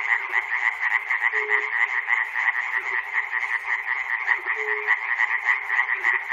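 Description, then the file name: Frogs croaking together in a continuous, busy chorus of rapid pulses, a short low hum sounding twice. Recorded at Chernobyl. "peter cusack-chernobyl frogs"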